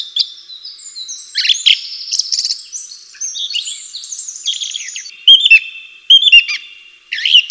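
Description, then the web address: Bird song with mixed high warbling and buzzy notes, then several loud, clear whistled chirps at irregular intervals. "atelierson sons birds"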